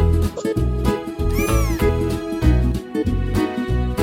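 A single cat meow, a rising then falling mewing cry, sounds over steady, rhythmic background music with a pulsing low beat.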